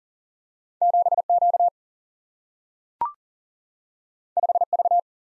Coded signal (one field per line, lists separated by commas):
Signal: Morse code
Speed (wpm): 42 wpm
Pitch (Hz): 700 Hz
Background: none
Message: 7 Q 5 V